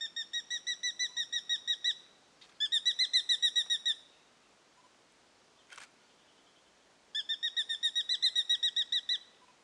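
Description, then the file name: Brown goshawk giving a rapid, harsh chattering call: three bursts of evenly spaced, high, ringing notes, the first two separated by a short pause and the third coming after a pause of about three seconds. "Tachyspiza Fasciata"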